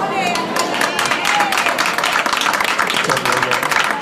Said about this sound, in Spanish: Te has ganado los aplausos, ¿eh? Tienes a la plaza encantada, ¿eh?